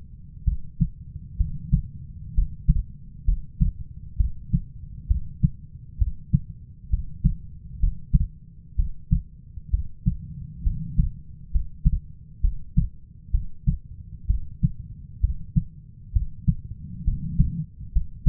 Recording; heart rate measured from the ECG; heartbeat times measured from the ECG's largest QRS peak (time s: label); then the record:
heart sounds by stethoscope; 65 bpm
0.44 s: heartbeat
1.37 s: heartbeat
2.34 s: heartbeat
3.25 s: heartbeat
4.17 s: heartbeat
5.07 s: heartbeat
5.98 s: heartbeat
6.90 s: heartbeat
7.80 s: heartbeat
8.76 s: heartbeat
9.70 s: heartbeat
10.63 s: heartbeat
11.51 s: heartbeat
12.41 s: heartbeat
13.31 s: heartbeat
14.27 s: heartbeat
15.20 s: heartbeat
16.12 s: heartbeat
17.04 s: heartbeat
17.92 s: heartbeat
From the record:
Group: healthy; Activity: rest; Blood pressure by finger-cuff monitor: 137/63 mmHg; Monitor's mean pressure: 85 mmHg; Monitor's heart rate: 65 bpm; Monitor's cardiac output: 6.3 L/min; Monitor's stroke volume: 97 mL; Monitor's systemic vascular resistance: 970 dyn s/cm5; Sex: female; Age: 37 years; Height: 168 cm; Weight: 70 kg